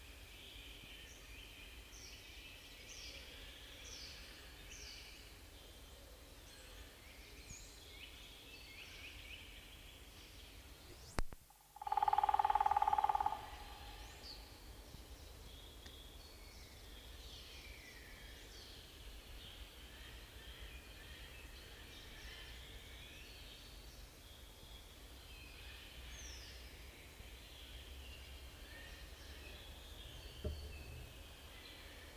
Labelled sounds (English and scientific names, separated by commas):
Grey-headed Woodpecker (Picus canus) drumming